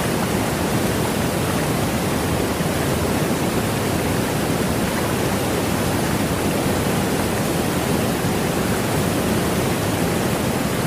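Rushing water fills the whole clip with a dense, unbroken hiss that never lets up, strongest in the low-middle range with a bright spray on top. It sounds constant, like a waterfall or fast stream, with no other sounds standing out.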